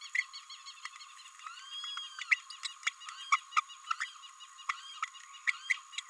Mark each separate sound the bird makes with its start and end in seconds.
0.15-0.26, 2.31-2.36, 2.86-2.90, 3.31-3.37, 3.56-3.60, 3.90-3.94, 4.00-4.07, 4.69-4.74, 5.02-5.07, 5.69-5.74, 5.97-6.00